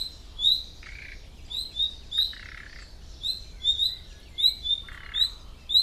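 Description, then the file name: Common nightingale uttering thin, rising whistles, often doubled, with a few scratchy rattling calls in between. "Luscinia megarhynchos"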